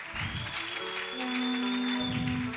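A church audience claps for God steadily in a dense, continuous wash of applause, while sustained keyboard or organ notes hold a chord underneath throughout.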